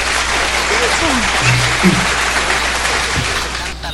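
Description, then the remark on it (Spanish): An applause sound effect: a steady burst of loud ovation, dense crackling clapping that holds evenly for about four seconds, with a few faint voices and brief whoops mixed into the crowd noise. “Ese ovación así.”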